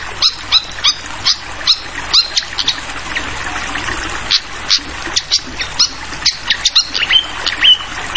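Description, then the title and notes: Fantail chattering, with short high chirps and a few whistled notes in quick irregular runs, all over a constant rushing hiss of flowing water. Clear fantail song mixed with trickling water, made as a masteran (tutoring recording) for teaching songbirds. "Masteran Sikatan Kipas Suara Jernih Dan Suara Gemericik Air. Suara Burung Sikatan Londo"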